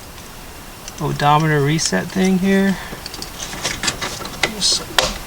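Someone talks while fitting the plastic odometer reset knob onto its shaft on the speedometer instrument cluster of a Lexus LS430, with light handling clicks around 3.1 s and 4.4 s. The knob pops on with a sharp snap at 5.0 s and is seated.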